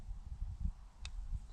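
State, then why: Seated. While a steel foothold trap is being set with its jaw flipped up, the night latch is engaged against a low rumbling background. A single sharp click sounds at 1.1 seconds as the night latch seats into place.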